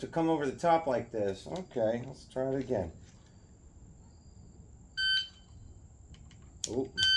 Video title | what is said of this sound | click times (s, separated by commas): Drill day at the range | didn't snap the safety off all the way. Stuck on. | none